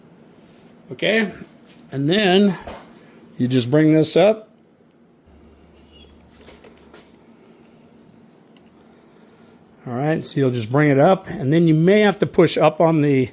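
On a Ford Explorer power liftgate, the metal strut end socket of a replacement strut is brought up toward the ball stud on the liftgate and lined up before being pushed home. Someone talks, with faint handling sounds in the quiet stretch between about 4.9 and 8.6 seconds. Nothing has seated or clicked yet.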